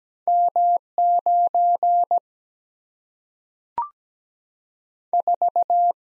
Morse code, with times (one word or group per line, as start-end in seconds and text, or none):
0.3-0.8 M
1.0-2.2 9
5.1-5.9 4